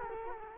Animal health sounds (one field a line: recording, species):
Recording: mosquito wingbeat signal from an infrared sensor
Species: Culex quinquefasciatus